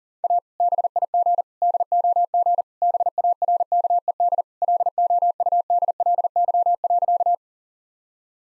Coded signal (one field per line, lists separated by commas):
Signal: Morse code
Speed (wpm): 40 wpm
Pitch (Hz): 700 Hz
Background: none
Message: A BIG DOG BARKED LOUDLY.